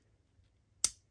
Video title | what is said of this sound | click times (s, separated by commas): I got the Overdrive Special Starter Set (finally 😂) | You hear a click. | 0.8 s